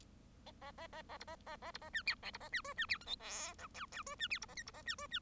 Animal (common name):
Bengalese Finch